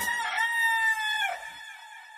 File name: Gdacze kura Ko Ko Ko